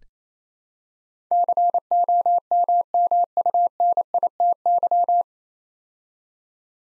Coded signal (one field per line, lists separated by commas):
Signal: Morse code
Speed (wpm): 29 wpm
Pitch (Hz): 700 Hz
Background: none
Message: COMMUNITY